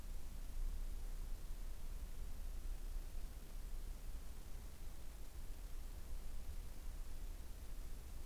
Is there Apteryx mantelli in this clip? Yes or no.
no